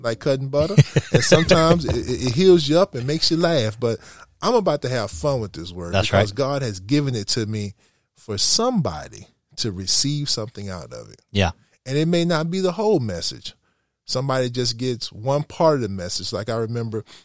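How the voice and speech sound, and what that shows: Adult man speaking fluently at a relaxed pace with clear articulation; typical speech, with brief agreeing interjections.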